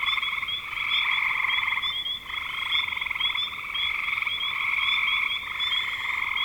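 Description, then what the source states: Frogs calling in a dense chorus of pulsed, buzzy trills that overlap almost without a break, with faint high chirps flickering above. Recorded in spring 2025.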